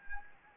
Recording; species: mosquito wingbeat signal from an infrared sensor; Anopheles arabiensis